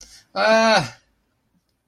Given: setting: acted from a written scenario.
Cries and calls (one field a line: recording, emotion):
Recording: vocal sound without words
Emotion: distress